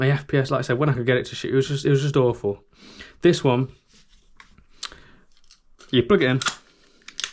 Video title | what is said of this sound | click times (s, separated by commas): *NEW* Problem with the cheapest MK18 MWS! Double eagle MK18 MWS Hop upgrade issue + HPA Adapter | and you hear that click and there that is solid. | 7.2 s